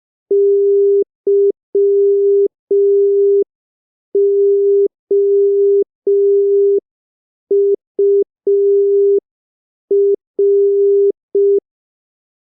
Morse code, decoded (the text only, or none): YOUR